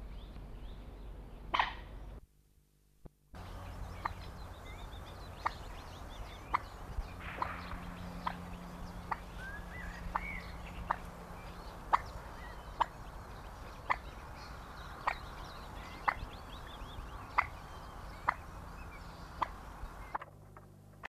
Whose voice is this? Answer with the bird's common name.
Common Moorhen